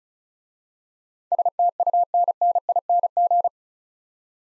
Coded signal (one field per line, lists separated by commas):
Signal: Morse code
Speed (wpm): 36 wpm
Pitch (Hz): 700 Hz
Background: none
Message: STUNNING